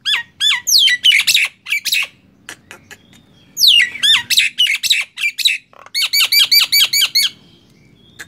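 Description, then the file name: Nias hill myna giving quick series of shrill, repeated whistled notes mixed with harsh chatter, delivered in three energetic bursts. "suara jalak nias"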